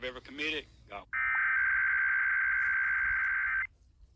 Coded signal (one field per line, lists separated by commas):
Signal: Emergency Alert System (SAME) tones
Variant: header bursts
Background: speech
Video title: Eas rwt on kwwj 1360am Baytown tx Eas#467